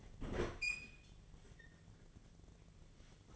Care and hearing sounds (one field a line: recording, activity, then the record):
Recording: daily activity, microphone in the room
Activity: open fridge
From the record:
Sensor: 4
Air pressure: 1010.6 hPa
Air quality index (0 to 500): 175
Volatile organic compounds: 5 ppm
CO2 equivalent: 1777 ppm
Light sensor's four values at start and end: 35/101/40/40 and 29/86/34/34